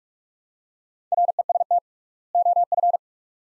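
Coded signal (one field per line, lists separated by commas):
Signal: Morse code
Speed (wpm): 42 wpm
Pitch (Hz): 700 Hz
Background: none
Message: REST OF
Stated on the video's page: Morse practice drill at 45 wpm, sets of two words with 3x word spacing, a word-based method analogous to Farnsworth.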